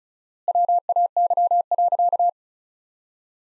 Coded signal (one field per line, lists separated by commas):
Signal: Morse code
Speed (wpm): 36 wpm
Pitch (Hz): 700 Hz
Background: none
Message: WAY.